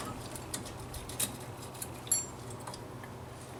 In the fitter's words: They just snap right in.